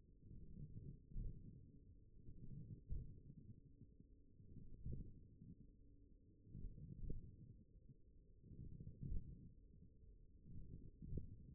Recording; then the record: forearm muscle sounds (acoustic myography)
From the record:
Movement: radial deviation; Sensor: system 1, eight BSWA MPA416 microphones around the upper forearm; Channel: 4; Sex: male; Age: 42 years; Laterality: right